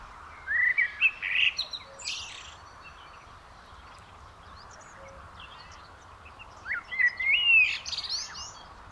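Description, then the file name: Eurasian blackbird song: a short fluty warble with a squeaky high ending, then a quiet gap of several seconds before a second similar phrase. "Turdus merula"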